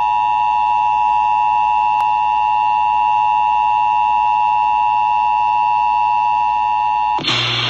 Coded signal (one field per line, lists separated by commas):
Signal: Emergency Alert System (SAME) tones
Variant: 853 and 960 Hz attention tone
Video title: West Virginia Amber Alert (Recorded by a friend, EAS 627)